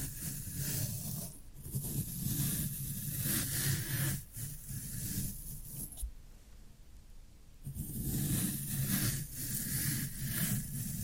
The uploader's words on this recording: ASMR Satisfying Tingle Stimulating Floral Foam Sounds for Sleep (No Talking).